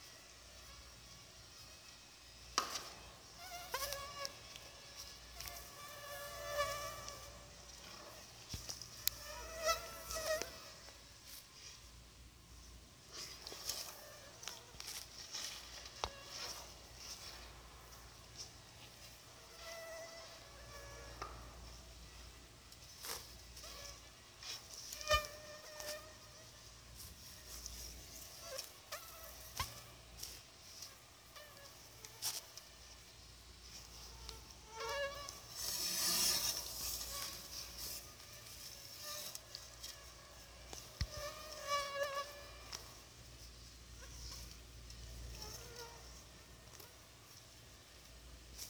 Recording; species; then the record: mosquito flight sound by mobile phone; Anopheles arabiensis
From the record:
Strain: Dongola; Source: CDC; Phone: Sony Xperia